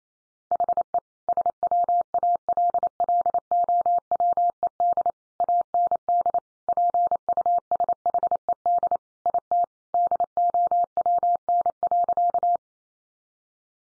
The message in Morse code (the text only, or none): HE SWALLOWED AND PUSHED IT DOWN.